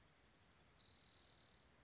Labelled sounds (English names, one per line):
Spotted Towhee